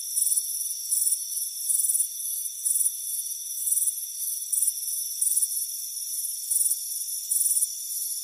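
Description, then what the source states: Crickets chirp in shrill pulsed bursts of uneven length, one to two per second, with a steady high-pitched hum beneath. Chirping crickets on a warm afternoon at a front porch.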